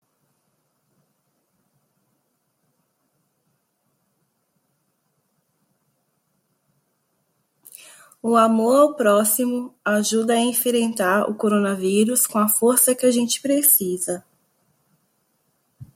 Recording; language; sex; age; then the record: spoken sentence; Brazilian Portuguese; female; 30 to 39 years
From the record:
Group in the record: control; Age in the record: 39 years